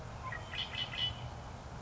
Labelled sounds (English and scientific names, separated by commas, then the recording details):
Red-winged Blackbird (Agelaius phoeniceus)
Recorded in Sonoma County, California